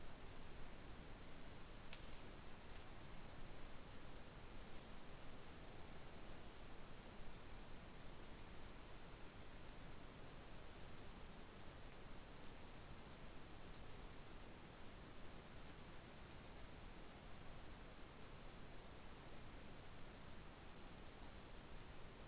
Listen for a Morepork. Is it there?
no